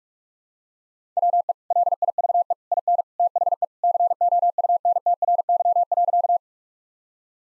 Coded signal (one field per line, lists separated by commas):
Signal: Morse code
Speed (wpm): 46 wpm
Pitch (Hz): 700 Hz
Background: none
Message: WE LIVE IN THE COUNTRY.